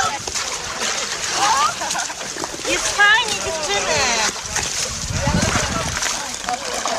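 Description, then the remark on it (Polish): Water splashes and sloshes steadily as people wade into a small pond for cold-water winter swimming, with excited voices calling out and a high squeal rising over the churning noise. “Ale mamy bardzo mały, natomiast bardzo taki urokliwy, kameralny staw.”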